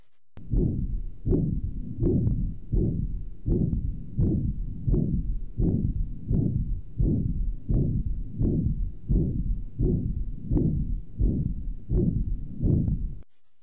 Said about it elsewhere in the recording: Torrential mitral regurgitation. We'll listen into the axilla. We'll still be able to hear the murmur with almost its same intensity, but you'll note the absence of the inflow rumble.